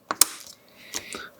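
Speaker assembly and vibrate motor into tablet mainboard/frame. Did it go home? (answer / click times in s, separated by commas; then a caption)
yes / 0.1 s, 0.2 s. The speaker assembly and vibrate motor are pressed into place in the tablet mainboard/frame of a Samsung Galaxy Tab A7 (SM-T220) during reassembly for a screen repair. Two sharp clicks at 0.1 s and 0.2 s show them snapping in, followed by a softer tap near 1.0 s and quiet handling. The speaker assembly and vibrate motor are seated.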